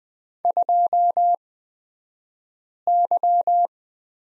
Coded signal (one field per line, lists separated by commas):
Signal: Morse code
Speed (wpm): 20 wpm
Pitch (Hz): 700 Hz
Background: none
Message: 2Y